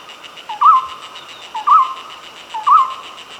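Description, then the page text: Golden-throated barbet singing three clear, rolling notes spaced about a second apart against a constant buzzing background drone. "Golden-Throated Barbet Song. Quick Sounds"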